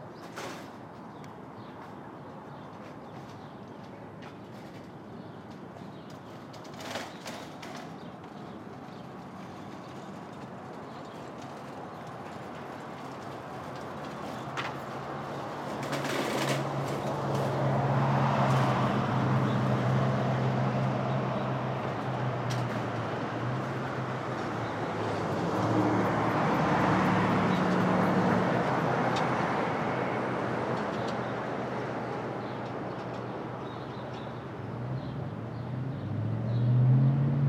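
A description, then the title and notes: Brooklyn at dawn: a steady low traffic hum, with vehicles swelling past around 18 and 27 seconds, scattered clicks, and faint bird calls. Street Traffic.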